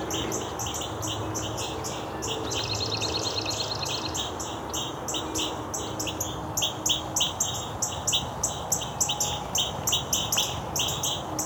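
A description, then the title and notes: A dawn chorus of many birds sings at once, with dense, rapid chirps and trills repeating high up throughout. Around two to four seconds a fast rattling trill stands out, and the calls grow louder and busier later on. A low, steady rumble sits underneath. Dawn Chorus in Cootes Paradise. At sunrise in Cootes Paradise, the dawn chorus can overwhelm all the sounds of the city.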